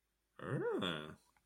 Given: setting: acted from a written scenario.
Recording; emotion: vocal sound without words; romantic love